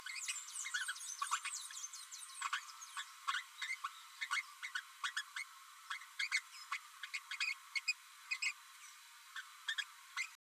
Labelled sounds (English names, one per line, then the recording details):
Green-rumped Parrotlet babbling
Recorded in a nest box in Venezuela
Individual 18B12A3